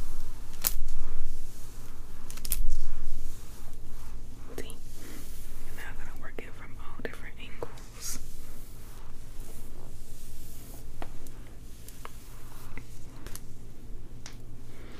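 Scalp massage with soft scratching and brushing sounds, a steady run of small rasping strokes and light taps. Sharp clicks stand out near 1, 2.5, 8 and 14 seconds. A low constant hum runs underneath throughout.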